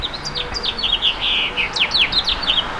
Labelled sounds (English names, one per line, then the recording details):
House Finch song
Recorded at Babylon on Long Island, New York, on 18 May 2013
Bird A